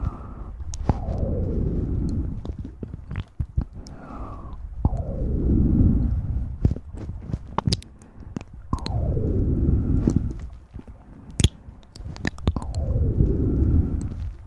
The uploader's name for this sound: Mouth Sounds & ear cleaning